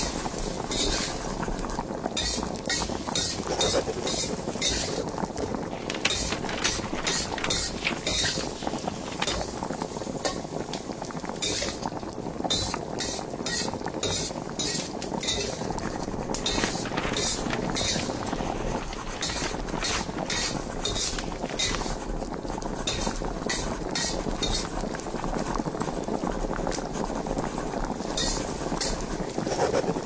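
Someone cooks while an old television broadcast plays, its voices forming a steady, dense murmur that never lets up. Sharp clinks and taps of utensils cut through it frequently and irregularly across the whole stretch, sometimes in quick clusters.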